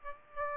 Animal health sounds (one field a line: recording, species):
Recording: mosquito wingbeat signal from an infrared sensor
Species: Aedes albopictus